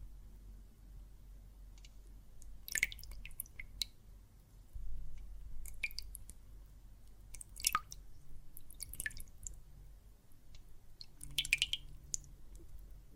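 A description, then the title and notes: Water and soap foam make wet squishing and crackling sounds that come in short, bright bursts every second or two, strongest near three, eight and eleven seconds. Between them are a soft low hum and faint drips. ASMR Relaxing Water and Soap Foam Sounds (No Talking).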